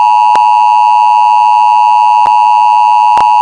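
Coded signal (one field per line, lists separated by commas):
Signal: Emergency Alert System (SAME) tones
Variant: 853 and 960 Hz attention tone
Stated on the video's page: Fictional EAS scenario, not a real alert.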